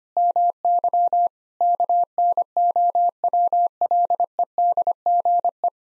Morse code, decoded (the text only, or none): MY KNOWLEDGE